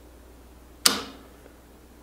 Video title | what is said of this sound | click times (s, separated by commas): Reloading 101 Part TWO | we're going to come up to here and then you're going to hear a click on final open | 0.9 s